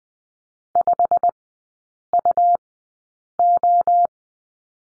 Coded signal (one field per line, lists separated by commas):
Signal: Morse code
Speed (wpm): 20 wpm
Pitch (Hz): 700 Hz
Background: none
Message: 5UO